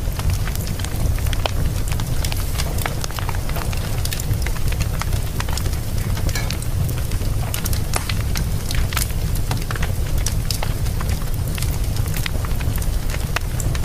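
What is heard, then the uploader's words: A wood fire burns steadily in a fireplace, with a deep, constant rumble of flame underneath. Sharp crackles and pops break through irregularly but often, some louder snaps standing out every second or two, and the sound stays even throughout. This audio experience captures the essence of a wood-burning fire in stunning detail. A crackling fireplace.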